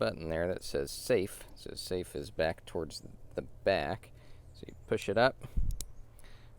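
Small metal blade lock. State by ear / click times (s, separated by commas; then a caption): released / 5.8 s. Someone talks while pushing up the lock release, behind the safety, on a Gerber F.A.S.T. Draw assisted-opening folding knife with nylon handles. A sharp click sounds at 5.8 seconds as the lock releases, leaving the blade free to close.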